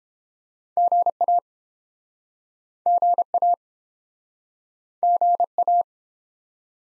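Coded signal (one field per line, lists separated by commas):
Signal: Morse code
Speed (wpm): 31 wpm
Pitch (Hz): 700 Hz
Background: none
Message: GA GA GA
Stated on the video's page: Morse practice set in speed-racing format, starting fast and slowing to a 22 wpm base speed, with the top speed 1.5 times the base and a final repeat at maximum speed.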